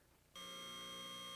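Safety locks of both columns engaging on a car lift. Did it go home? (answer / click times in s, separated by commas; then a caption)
no / none. After an Advantage car lift has been levelled and adjusted, it is raised again so the steel safety locks on both columns can engage together with a single click. The clip is quiet until about 0.3 s, then a loud, steady tonal hum with strong harmonics starts and runs to the end. No lock has clicked or engaged yet.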